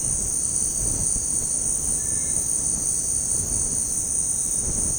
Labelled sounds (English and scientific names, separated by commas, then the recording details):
none
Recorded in dense forest near Puerto Asís, Putumayo, Colombia, on 25 June 2025 at 17:00
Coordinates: 0.486, -76.317
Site G065